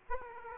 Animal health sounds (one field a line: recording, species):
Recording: mosquito wingbeat signal from an infrared sensor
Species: Aedes aegypti